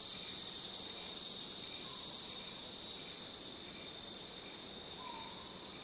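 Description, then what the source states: Steady high-pitched cicada hum that fades slightly toward the end, with two faint low whistled bird notes. Cicadas in a forest, with exotic birds.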